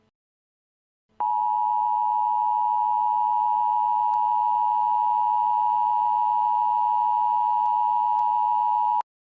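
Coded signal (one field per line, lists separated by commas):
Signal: Emergency Alert System (SAME) tones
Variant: 853 and 960 Hz attention tone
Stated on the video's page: Fictional EAS scenario about extreme heat, a simulated alert rather than a real one.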